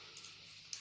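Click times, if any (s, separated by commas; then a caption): none. A plastic wrist strap, its lock tab in the out position, is slid onto the rail of a handheld game controller. Two faint, brief handling ticks are heard at about 0.2 and 0.7 seconds over a low steady hiss. The strap has not yet clicked home or seated.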